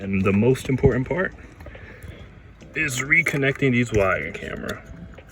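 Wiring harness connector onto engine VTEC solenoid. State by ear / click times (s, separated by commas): not seated / none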